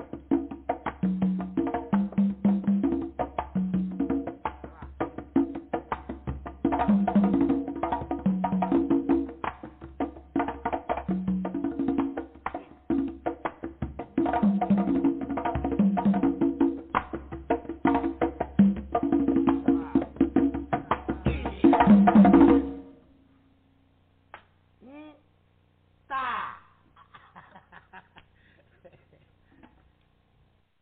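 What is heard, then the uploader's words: Drumming with steady, fast strokes plays densely for about 22 seconds, with a low booming undertone and repeating pitched tones in a pattern. It then stops abruptly, leaving near silence broken by two short sliding sounds around 25 and 26 seconds. Drumming.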